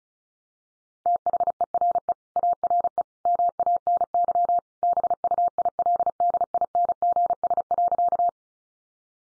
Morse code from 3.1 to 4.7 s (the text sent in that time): MANY